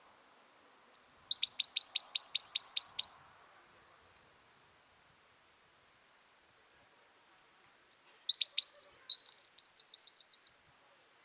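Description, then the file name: Eurasian wren song: two loud, rapid high-pitched bursts of trills and sharp notes, each about three seconds long, separated by several seconds of silence. "Troglodytes troglodytes"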